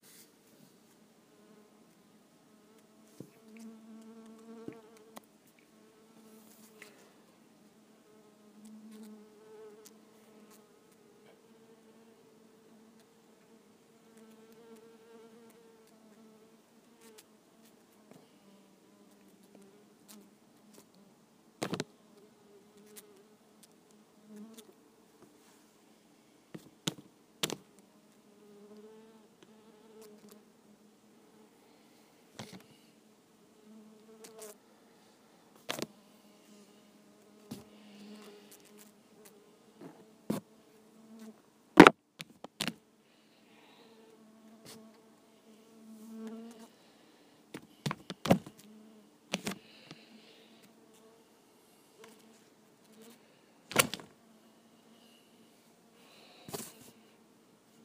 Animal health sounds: mosquito flight sound by mobile phone; Culiseta incidens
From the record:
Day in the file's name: 2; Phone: iPhone 5

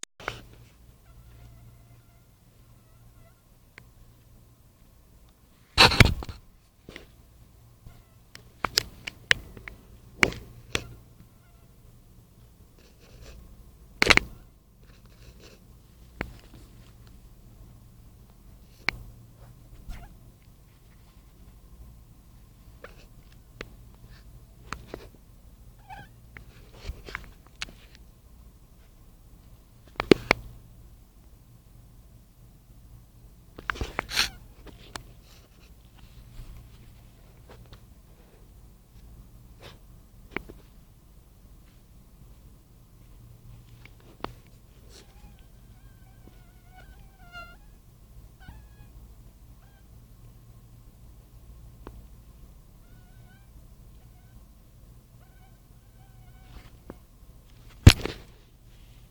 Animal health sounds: mosquito flight sound by mobile phone; Anopheles dirus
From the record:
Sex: male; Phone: Nokia 5235

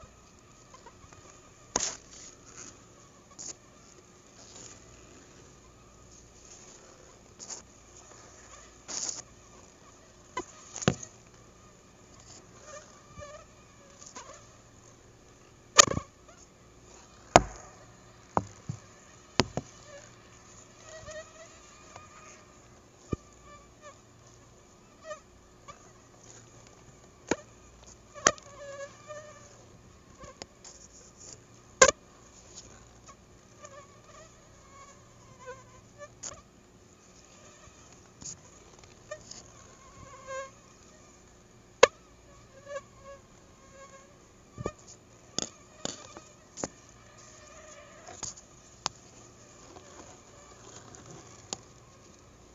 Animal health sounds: mosquito flight sound by mobile phone; Anopheles gambiae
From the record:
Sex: female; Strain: Akron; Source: CDC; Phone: Google Nexus

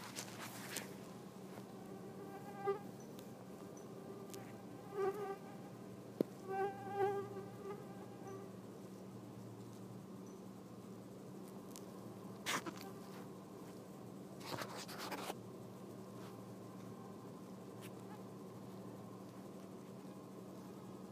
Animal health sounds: mosquito flight sound by mobile phone; Anopheles freeborni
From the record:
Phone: iPhone 4S

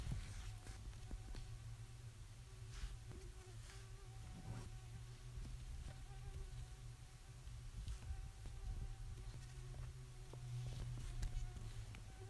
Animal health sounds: mosquito flight sound by mobile phone; Aedes sierrensis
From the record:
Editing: cut to the mosquito's sound

